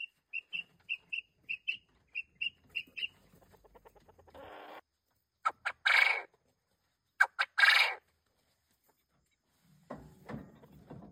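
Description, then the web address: Quail calls: a run of thin, evenly spaced whistled notes, then buzzy rasping bursts preceded by sharp clicks, ending with a low rustling noise. Recorded at Orotina. "orotina codorniz"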